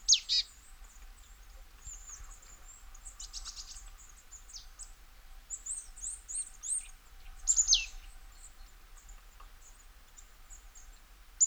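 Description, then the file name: Marsh tit calling with abrupt high descending notes and a short buzzy run of notes, among thin high chips. "Poecile palustris"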